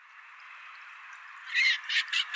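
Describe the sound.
Teal calls: a few short, loud bursts near the end, over a steady band of hiss.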